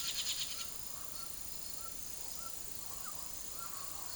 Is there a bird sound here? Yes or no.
yes